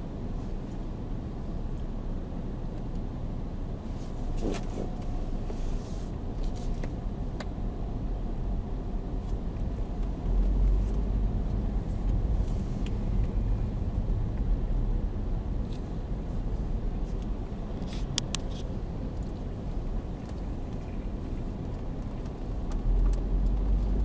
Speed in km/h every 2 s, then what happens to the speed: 0, 0, 0, 3, 0, 10, 11, 7, 5, 5, 4, 6.
0-5 standing. 5-11 pulls away to 11. 11-19 slows to 4.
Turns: none.